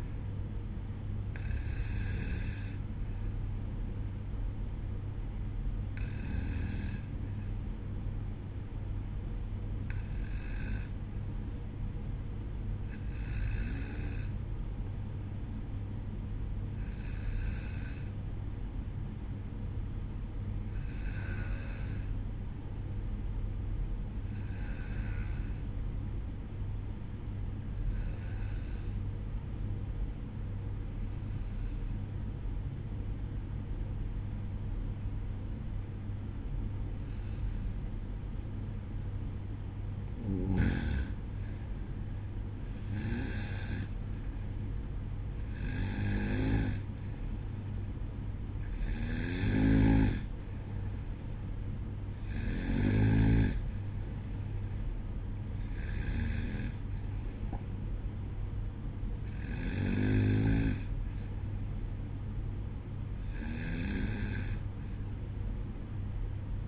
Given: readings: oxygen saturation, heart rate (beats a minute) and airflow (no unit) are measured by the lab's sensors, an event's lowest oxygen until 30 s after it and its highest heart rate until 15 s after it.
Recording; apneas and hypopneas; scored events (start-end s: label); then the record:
breathing in sleep by a smartphone at the bedside; 1
27.00-40.40 s: obstructive apnea (N2, oxygen 95% highest, then 91% lowest, heart rate 61 at the start, 65 highest)
27.00-66.68 s: new sleep stage, N2 (light sleep)
From the record:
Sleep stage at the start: N1 (lightest sleep); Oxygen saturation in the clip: 90 to 96%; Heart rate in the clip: 61 to 65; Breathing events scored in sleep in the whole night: 305 in 9.6 hours asleep